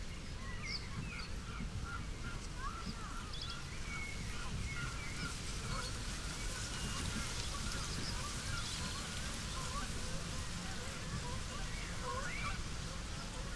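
Reed-bed birds sing persistently, their short chirps and trills scattered all through the 14 seconds at mid to high pitch, while greylag geese honk and cackle in a busy, jumbled chorus. A steady low rumble of wind sits underneath throughout.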